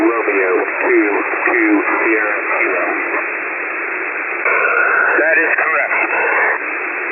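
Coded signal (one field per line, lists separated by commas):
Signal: coded military voice message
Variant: HFGCS Skyking broadcast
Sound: single male voice reading over hissy shortwave radio with fading noise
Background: radio static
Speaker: as soon as I heard Sky King, Sky King, I was like, "Oh, damn. I got to record this." And I got my screen recorder and I started recording, but I missed the beginning. I'm going to see if somebody else has the actual Sky King part. But let's take a listen.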